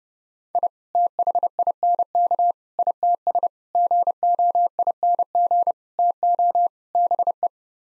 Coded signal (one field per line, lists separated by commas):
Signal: Morse code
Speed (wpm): 30 wpm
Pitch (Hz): 700 Hz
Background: none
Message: I THINK ITS GOING TO BE